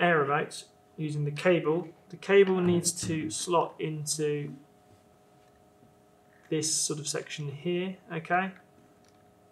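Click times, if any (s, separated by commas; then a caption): none. A Profoto Air Remote's flash sync cable plug is slotted into the flash sync socket on the lens of a Mamiya RB67 medium format camera while someone talks. Only a very faint tap is heard near 9.1 s, and it is not a latch click. The plug does not click in and just sits loosely in the socket, so nothing has seated or clicked yet.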